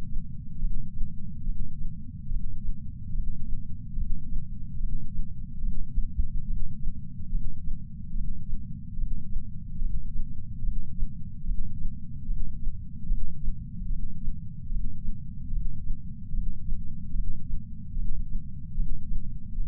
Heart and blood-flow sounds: heart sounds by patch sensor on the chest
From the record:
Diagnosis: coronary artery disease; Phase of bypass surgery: intraoperative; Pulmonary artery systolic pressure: 24 mmHg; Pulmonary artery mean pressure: 17 mmHg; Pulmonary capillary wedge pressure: 7 mmHg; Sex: male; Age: 66 years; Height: 176 cm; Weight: 74.5 kg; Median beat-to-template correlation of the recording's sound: 0.83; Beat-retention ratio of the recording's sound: 1.00

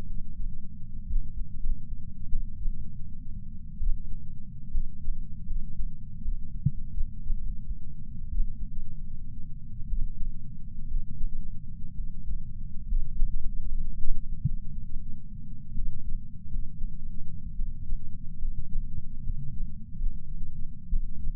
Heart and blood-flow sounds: heart sounds by patch sensor on the chest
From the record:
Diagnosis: coronary artery disease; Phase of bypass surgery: postoperative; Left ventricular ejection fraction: 41.5%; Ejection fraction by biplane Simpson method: 34.6%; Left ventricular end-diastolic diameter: 67 mm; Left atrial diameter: 53 mm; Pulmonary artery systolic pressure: 24 mmHg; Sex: male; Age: 61 years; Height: 174 cm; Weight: 80 kg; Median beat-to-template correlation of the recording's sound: 0.54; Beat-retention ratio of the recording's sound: 0.99

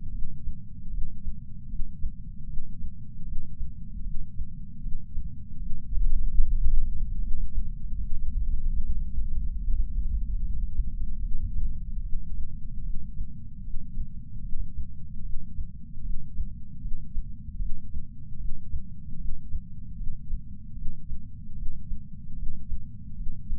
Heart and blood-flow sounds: heart sounds by patch sensor on the chest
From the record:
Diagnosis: coronary artery disease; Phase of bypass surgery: postoperative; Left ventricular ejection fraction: 62.4%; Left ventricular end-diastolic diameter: 42 mm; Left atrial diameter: 34 mm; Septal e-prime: 9 cm/s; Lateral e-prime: 10 cm/s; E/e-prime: 10.4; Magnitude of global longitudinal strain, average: 12.8%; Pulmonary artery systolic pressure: 24 mmHg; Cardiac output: 5.9 L/min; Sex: male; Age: 63 years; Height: 165 cm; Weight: 70 kg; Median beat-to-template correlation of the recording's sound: 0.92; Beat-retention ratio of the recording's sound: 0.96

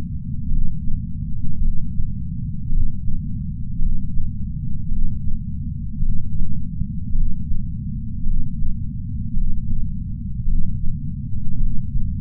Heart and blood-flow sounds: heart sounds by patch sensor on the chest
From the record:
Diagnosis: coronary artery disease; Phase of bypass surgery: intraoperative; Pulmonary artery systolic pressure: 24 mmHg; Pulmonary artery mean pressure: 20 mmHg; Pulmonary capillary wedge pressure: 12 mmHg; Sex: male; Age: 60 years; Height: 170 cm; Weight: 103 kg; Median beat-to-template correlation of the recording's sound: 0.88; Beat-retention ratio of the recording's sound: 0.98

